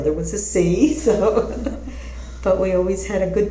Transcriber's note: laughter